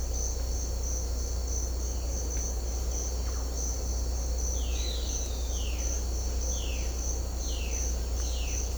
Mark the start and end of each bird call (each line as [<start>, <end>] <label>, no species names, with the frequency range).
[4.55, 5.22] bird call (2.0-4.3 kHz)
[5.53, 5.88] bird call (1.9-4.2 kHz)
[6.47, 6.87] bird call (2.2-4.2 kHz)
[7.46, 7.82] bird call (2.2-4.5 kHz)
[8.23, 8.61] bird call (1.7-4.4 kHz)